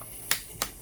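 Plastic bezel clips are pressed into the display lid of an HP Compaq 15-h051nf laptop during an LCD screen replacement. Two sharp clicks are heard at 0.3 s and 0.6 s, and the clips snap home and seat.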